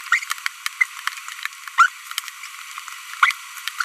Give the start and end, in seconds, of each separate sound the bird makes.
0.12-0.18, 0.81-0.84, 1.78-1.86, 3.23-3.31